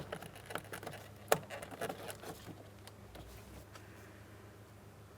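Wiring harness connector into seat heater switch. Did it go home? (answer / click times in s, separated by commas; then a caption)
yes / 1.3 s. A wiring harness connector is pressed into the seat heater switch of a 2008-2016 Chrysler Town & Country, the same way the window switch connector was seated before it. Light handling taps and rustles come first, then a sharp click at 1.3 s as the connector seats, followed by a few softer taps fading into low background hum.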